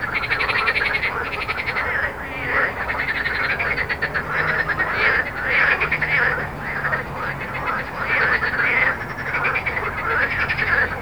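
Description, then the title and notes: Frogs croaking in a busy chorus, quick pulsed rattles repeating and overlapping throughout, with low traffic hum. Frogs recorded at Jardins de la Ligne, Montaudran, Toulouse, France, with road noise, recorded on a Zoom H4n. "Jardins de la Ligne, 1 Rue Jacqueline Auriol, 31400 Toulouse, France - Frog Montaudran. Frog and road captation zoom h4n"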